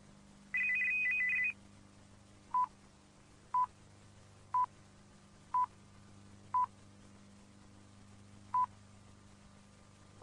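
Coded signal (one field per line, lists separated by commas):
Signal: radio time signal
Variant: RAI coded time signal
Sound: brief warbling two-tone burst, then six short one-second pips, another starting at the end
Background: low mains hum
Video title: Segnale orario Rai 1982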